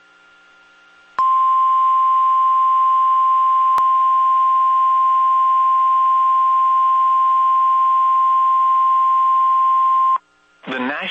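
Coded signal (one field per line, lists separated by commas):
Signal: Emergency Alert System (SAME) tones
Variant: 1050 Hz attention tone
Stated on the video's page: Tornado Watch SAME alert broadcast on NOAA weather radio station WXJ97.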